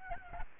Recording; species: mosquito wingbeat signal from an infrared sensor; Aedes albopictus